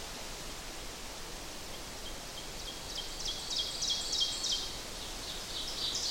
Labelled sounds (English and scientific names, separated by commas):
Ovenbird (Seiurus aurocapilla) song